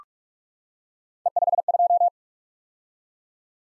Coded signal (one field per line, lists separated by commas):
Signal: Morse code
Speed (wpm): 44 wpm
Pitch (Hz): 700 Hz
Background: none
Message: E52